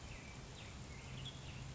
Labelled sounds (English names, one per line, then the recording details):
Western Tanager
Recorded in Sonoma County, California